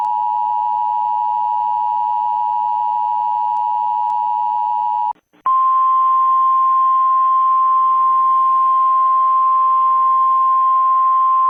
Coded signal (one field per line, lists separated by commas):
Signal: Emergency Alert System (SAME) tones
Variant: 853 and 960 Hz attention tone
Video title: EAS| Pinakmena Cupcake